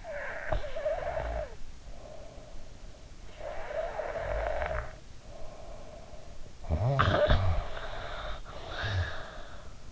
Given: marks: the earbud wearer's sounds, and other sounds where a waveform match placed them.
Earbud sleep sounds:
sounds in sleep by an in-ear microphone; snoring breath
0.00-3.16 s: snoring breath
3.42-6.52 s: snoring breath
6.75-9.76 s: snoring breath

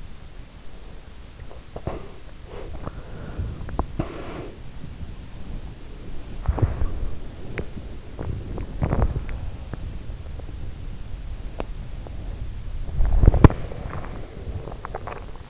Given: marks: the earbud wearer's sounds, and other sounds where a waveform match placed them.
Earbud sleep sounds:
sounds in sleep by an in-ear microphone; breath, teeth grinding, body movement, swallowing
1.58-2.79 s: breath
2.61-4.04 s: teeth grinding
3.81-4.88 s: breath
5.61-14.74 s: body movement
13.23-14.97 s: breath
14.74-15.50 s: swallowing

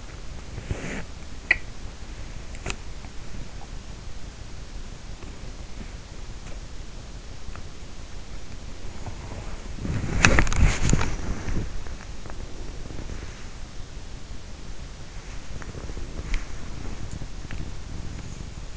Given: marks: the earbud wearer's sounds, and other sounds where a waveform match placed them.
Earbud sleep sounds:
sounds in sleep by an in-ear microphone; body movement
0.00-18.77 s: body movement

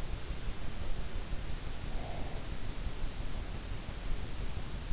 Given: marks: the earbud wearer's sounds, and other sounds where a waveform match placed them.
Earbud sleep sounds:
sounds in sleep by an in-ear microphone; breath
1.55-3.09 s: breath

